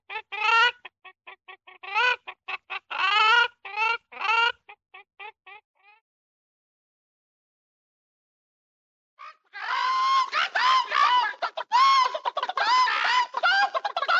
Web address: курица